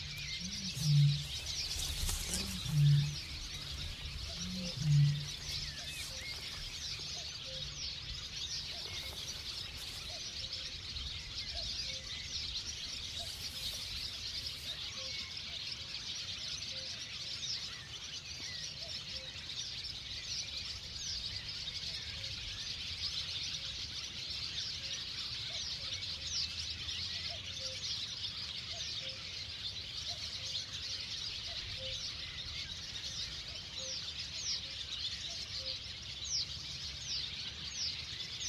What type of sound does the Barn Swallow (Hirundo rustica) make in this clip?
call